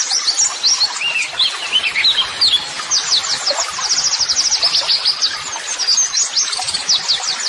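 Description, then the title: White-eye singing a thick, high-pitched stream of rapid chirps and slurred whistles, running continuously. Masteran (model song) audio for training white-eyes, described as therapy audio meant to make a bird answer at once; 'gacor' meaning a vigorously singing bird. "Pleci Gacor. LANGSUNG NYAUT MASTERAN AUDIO TERAPI PLECI"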